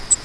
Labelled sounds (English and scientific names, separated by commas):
Grace's Warbler (Setophaga graciae) flight call